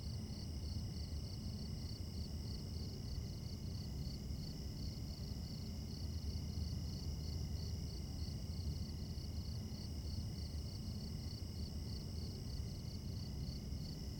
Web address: RKHV detabuizator eksperiment efekti. Night - Suburban Mostly Crickets, Distant Highway